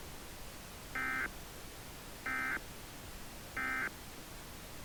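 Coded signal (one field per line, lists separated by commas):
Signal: Emergency Alert System (SAME) tones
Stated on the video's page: Fictional alert for an Extreme Wind Warning in New York from a made-up hurricane.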